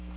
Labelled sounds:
Magnolia Warbler (Setophaga magnolia) flight call

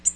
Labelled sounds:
Tennessee Warbler (Leiothlypis peregrina) flight call

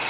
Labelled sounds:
American Redstart (Setophaga ruticilla) flight call

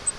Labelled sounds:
Grace's Warbler (Setophaga graciae) flight call

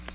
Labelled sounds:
Nashville Warbler (Leiothlypis ruficapilla) flight call

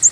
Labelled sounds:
American Redstart (Setophaga ruticilla) flight call

